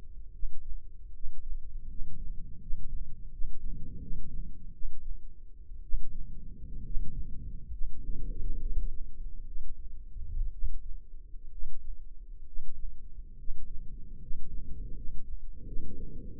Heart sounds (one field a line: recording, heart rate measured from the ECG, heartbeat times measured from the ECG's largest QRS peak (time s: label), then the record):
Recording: heart sounds by microphone in the left ear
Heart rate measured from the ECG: 71 bpm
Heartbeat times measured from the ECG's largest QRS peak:
0.32 s: heartbeat
1.13 s: heartbeat
1.88 s: heartbeat
2.60 s: heartbeat
3.31 s: heartbeat
4.00 s: heartbeat
4.73 s: heartbeat
5.82 s: heartbeat
6.84 s: heartbeat
7.71 s: heartbeat
8.59 s: heartbeat
9.45 s: heartbeat
10.51 s: heartbeat
11.50 s: heartbeat
12.45 s: heartbeat
13.37 s: heartbeat
14.20 s: heartbeat
14.95 s: heartbeat
15.65 s: heartbeat
16.38 s: heartbeat
From the record:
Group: healthy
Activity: rest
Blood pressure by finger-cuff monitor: 121/68 mmHg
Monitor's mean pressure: 85 mmHg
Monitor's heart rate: 70 bpm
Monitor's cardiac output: 7.8 L/min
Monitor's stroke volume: 115 mL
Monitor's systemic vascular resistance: 800 dyn s/cm5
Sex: male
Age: 24 years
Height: 184 cm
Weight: 89 kg